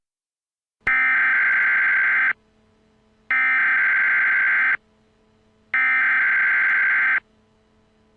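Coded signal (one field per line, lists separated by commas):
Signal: Emergency Alert System (SAME) tones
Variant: header bursts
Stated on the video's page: Mock (simulated) Required Monthly Test.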